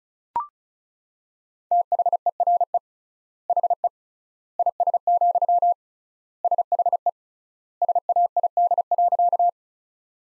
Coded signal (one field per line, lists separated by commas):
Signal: Morse code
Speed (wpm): 35 wpm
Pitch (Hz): 700 Hz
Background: none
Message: THERE HE IS, SHE SAID.